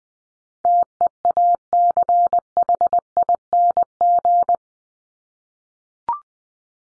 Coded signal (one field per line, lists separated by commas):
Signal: Morse code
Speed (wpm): 20 wpm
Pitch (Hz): 700 Hz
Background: none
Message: TEACHING